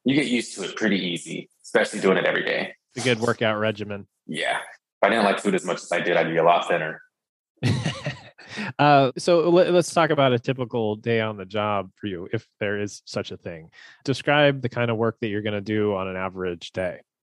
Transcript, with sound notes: You get used to it pretty easy, especially doing it every day.
It’s a good workout regimen.
Yeah, I didn't like food as much as I did, I'd be a lot thinner.
(LAUGHS) So let's talk about a typical day on the job for you. If there is such a thing, describe the kind of work that you're going to do on an average day.